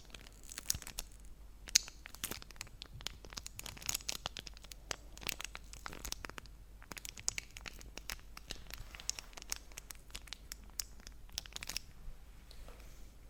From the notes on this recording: make some sounds with the wrap of the chocolates and then they eat them